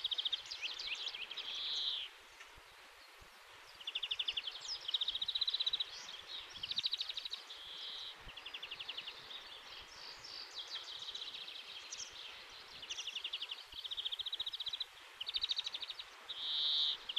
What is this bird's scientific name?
Chloris chloris